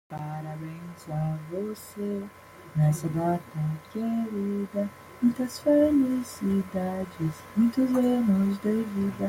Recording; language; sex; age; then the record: short text; Brazilian Portuguese; female; 20 to 29 years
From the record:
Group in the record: control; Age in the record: 24 years